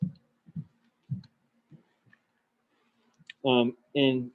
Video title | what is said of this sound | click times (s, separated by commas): Woodworking 1 (glueing&screwing) | you'll generally hear a little clicking i'm not sure if you heard the clicking in that video it's actually pretty quiet | 0.2 s, 1.2 s, 2.1 s, 3.3 s